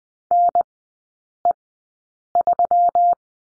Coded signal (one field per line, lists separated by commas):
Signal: Morse code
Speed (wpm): 20 wpm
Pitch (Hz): 700 Hz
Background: none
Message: NE3